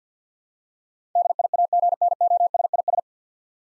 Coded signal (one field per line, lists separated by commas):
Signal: Morse code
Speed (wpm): 50 wpm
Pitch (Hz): 700 Hz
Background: none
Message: DIAGNOSIS